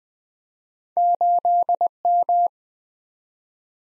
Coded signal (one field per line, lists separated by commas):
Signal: Morse code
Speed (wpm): 20 wpm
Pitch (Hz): 700 Hz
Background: none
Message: 8M